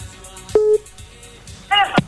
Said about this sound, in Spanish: Ahí está llamando al teléfono de línea, a ver si nos podemos comunicar.